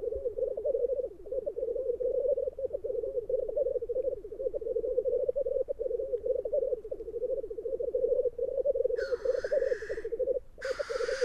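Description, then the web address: Black grouse continuous low bubbling, rolling on steadily, joined by two hissing sneezes toward the end. "aanitykset Tetrix"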